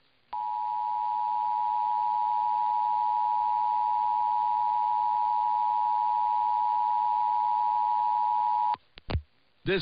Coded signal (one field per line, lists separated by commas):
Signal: Emergency Alert System (SAME) tones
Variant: 853 and 960 Hz attention tone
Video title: [EAS #2093-#2110] A Week Full of Tests